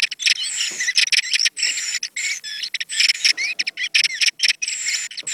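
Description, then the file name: Thrush song of rapid, high whistled phrases mixed with trills and rising slurs, almost continuous, with a few short pauses between bursts. "Zorzal sonido"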